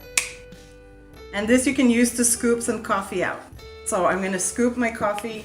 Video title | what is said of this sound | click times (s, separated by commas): Yay or Nay? Capsul'In Nespresso compatible Capsule Review | you'll hear snap and if | 0.2 s